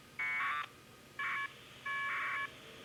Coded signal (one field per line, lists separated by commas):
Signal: packet radio (AX.25, as in APRS)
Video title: Yaesu 8x7 Setup Linux Digital Modes